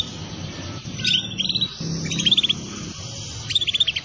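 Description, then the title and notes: Atlantic canary singing three quick high trilled phrases, each a rapid stutter of notes, above a low droning background. Song used to lure birds. "Pikat Burung Baru. kenari"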